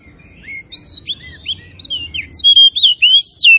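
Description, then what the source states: Oriental magpie-robin song starting with soft scattered notes, building into loud, clear whistled phrases in the second half. Kacer from Tretes; described as gacor, singing continuously and vigorously.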